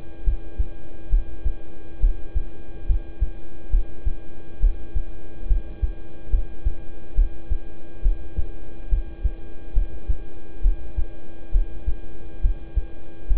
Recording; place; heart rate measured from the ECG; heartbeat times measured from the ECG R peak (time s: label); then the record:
heart sounds by stethoscope; between the tricuspid and mitral areas; 69 bpm
0.24 s: heartbeat
1.10 s: heartbeat
2.00 s: heartbeat
2.86 s: heartbeat
3.70 s: heartbeat
4.60 s: heartbeat
5.47 s: heartbeat
6.30 s: heartbeat
7.15 s: heartbeat
8.02 s: heartbeat
8.89 s: heartbeat
9.73 s: heartbeat
10.62 s: heartbeat
11.52 s: heartbeat
12.41 s: heartbeat
13.27 s: heartbeat
From the record:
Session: rest, lying down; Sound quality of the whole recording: good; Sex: male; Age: 26 years